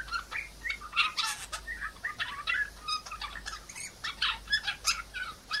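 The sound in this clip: P. cineracea calls: lively mix of squeaky chirps and harsh squawk-like notes, tumbling together continuously throughout.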